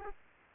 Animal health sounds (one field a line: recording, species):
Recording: mosquito wingbeat signal from an infrared sensor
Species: Aedes aegypti